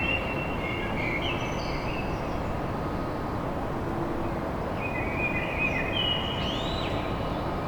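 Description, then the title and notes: Common blackbird singing two warbling phrases a few seconds apart, the second ending in a rising squeaky flourish, with continuous low background rumble. Song of a blackbird recorded at dawn in Paris. "Blackbird Poetry At Paris. Enregistrement d'un chant de merle à l'aube dans Paris"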